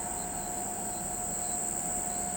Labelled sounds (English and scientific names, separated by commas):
none